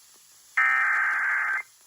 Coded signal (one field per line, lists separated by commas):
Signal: Emergency Alert System (SAME) tones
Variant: header bursts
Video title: EAS #384 Severe Thunderstorm Warning